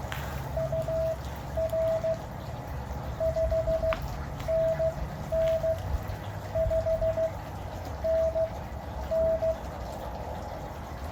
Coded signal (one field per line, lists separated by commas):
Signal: Morse code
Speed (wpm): 15 wpm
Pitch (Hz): 650 Hz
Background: none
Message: UR 5NN 5NN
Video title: KO6BTM - First Morse Code Contact! | Summits on the Air